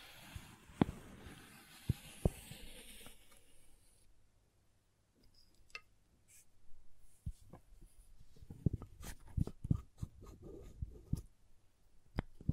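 Crayons tap and scrape in irregular bursts, with a hiss-filled opening until about four seconds, a quiet pause, then denser clicks and scratches.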